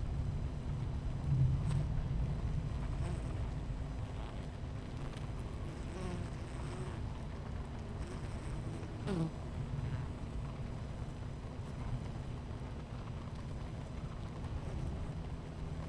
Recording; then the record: honeybee colony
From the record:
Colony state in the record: missing queen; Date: 14 July 2017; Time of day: 11:07